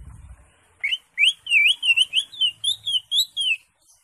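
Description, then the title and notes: Greater Green Leafbird song: a flowing chain of rising and wavering sweet whistles, about a dozen notes in quick succession. Recording intended as a master for training caged birds. "Suara Burung Cucak Ijo. mantap buat masteran burung cak ijo"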